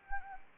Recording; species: mosquito wingbeat signal from an infrared sensor; Anopheles arabiensis